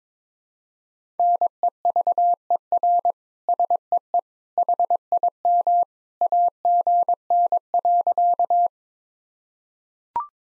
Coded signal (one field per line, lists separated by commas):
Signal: Morse code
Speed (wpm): 22 wpm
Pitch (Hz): 700 Hz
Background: none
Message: NEVER SEE HIM AGN.